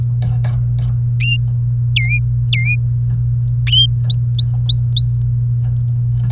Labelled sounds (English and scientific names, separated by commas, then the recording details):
Domestic Canary (Serinus canaria) song
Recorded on 29 April 2018 at 05:44
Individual llb3